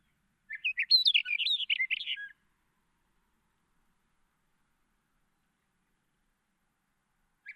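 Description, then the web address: Hume's wheatear gives a fast, scratchy warbled phrase of chattering notes lasting about two seconds, then silence before another phrase begins at the very end. "Hume's wheatear. صدای پرنده چکچک شکم سفید"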